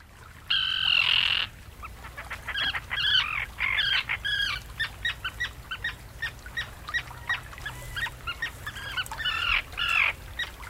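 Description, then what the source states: Common Tern giving a long harsh grating call, then a rapid series of short sharp kit notes and chattering calls. Heard on inland lake shores and inner sea archipelago from early May, after returning from migration from southern Africa.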